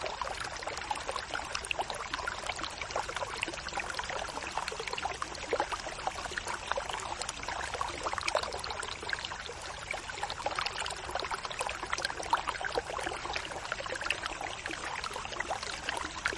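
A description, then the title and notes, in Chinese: Water runs through weeds in a steady, dense trickle, with countless small splashes and gurgles packed closely together across the whole sixteen seconds. The sound is fairly bright, with no pauses and only a faint low rumble underneath. 杂草中流水。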